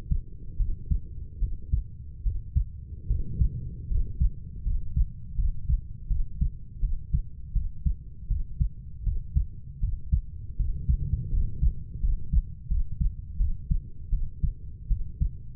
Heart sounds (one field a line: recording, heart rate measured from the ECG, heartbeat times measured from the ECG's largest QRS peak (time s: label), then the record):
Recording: heart sounds by stethoscope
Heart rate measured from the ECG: 80 bpm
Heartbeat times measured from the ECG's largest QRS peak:
0.57 s: heartbeat
1.39 s: heartbeat
2.23 s: heartbeat
3.07 s: heartbeat
3.88 s: heartbeat
4.63 s: heartbeat
5.36 s: heartbeat
6.08 s: heartbeat
6.80 s: heartbeat
7.53 s: heartbeat
8.28 s: heartbeat
9.03 s: heartbeat
9.80 s: heartbeat
10.56 s: heartbeat
11.30 s: heartbeat
12.00 s: heartbeat
12.68 s: heartbeat
13.37 s: heartbeat
14.10 s: heartbeat
14.88 s: heartbeat
From the record:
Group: healthy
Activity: rest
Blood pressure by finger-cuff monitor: 96/41 mmHg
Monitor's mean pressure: 61 mmHg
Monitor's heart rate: 80 bpm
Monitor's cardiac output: 9.5 L/min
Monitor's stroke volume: 117 mL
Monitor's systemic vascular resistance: 440 dyn s/cm5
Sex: female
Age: 32 years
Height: 168 cm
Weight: 61.9 kg